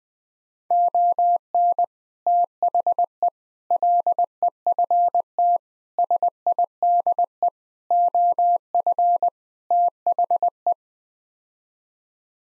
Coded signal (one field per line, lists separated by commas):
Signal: Morse code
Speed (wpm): 20 wpm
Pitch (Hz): 700 Hz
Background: none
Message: ON THE LEFT SIDE OF THE